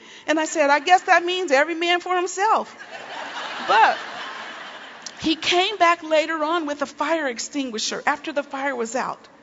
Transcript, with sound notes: I said, “I guess that means ‘Every man for himself.’” (laughter) But he came back later on with a fire extinguisher—after the fire was out.